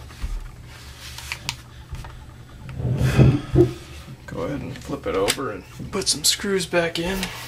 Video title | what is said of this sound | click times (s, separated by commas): Lenovo Thinkpad T510 Palmrest Removal and Fix -- Part 2/3 | snap back into place there | 1.5 s